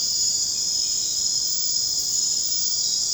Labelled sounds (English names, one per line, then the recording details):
none
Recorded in secondary vegetation near Puerto Asís, Putumayo, Colombia, on 13 March 2025 at 00:00
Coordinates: 0.484, -76.319
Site G010